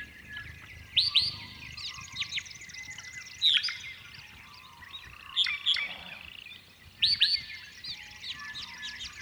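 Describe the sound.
Honeyeaters singing short bursts of sharp rising and falling chirps every two seconds or so, over a soft background twitter and low rumble.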